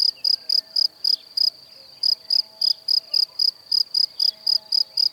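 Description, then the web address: Cricket chirping in a fast steady series of shrill pulses, one pause near the middle, over a soft hiss and faint low hum. "Kurs PTTK Przyroda Ptaki Świerszcze"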